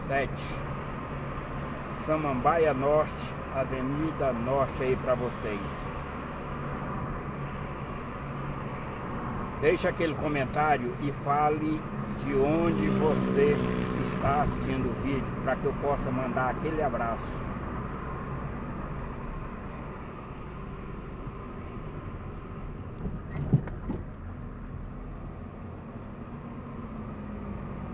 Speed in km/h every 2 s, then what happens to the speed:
56, 55, 55, 55, 53, 50, 50, 50, 48, 44, 36, 23, 28, 35.
0-16 steady at about 53. 16-22 brakes to 23. 22-28 speeds up to 35.